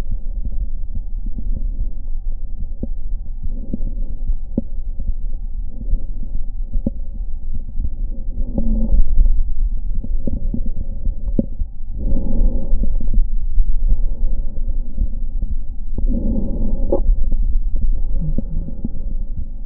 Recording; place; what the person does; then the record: lung sounds by stethoscope; right anterior apical chest; quiet breathing, then deep breathing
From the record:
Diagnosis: interstitial lung disease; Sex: female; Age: 61 years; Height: 155 cm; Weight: 75.5 kg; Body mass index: 31.4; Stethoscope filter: diaphragm mode